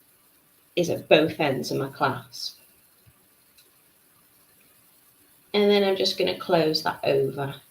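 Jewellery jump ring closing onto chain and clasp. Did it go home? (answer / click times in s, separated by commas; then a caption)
no / none. A metal jewellery jump ring is handled with pliers as it is about to be closed over a chain link and a lobster clasp. Someone talks at the start and end, with a faint tick near 3.1 s between. Nothing has clicked or closed into place yet.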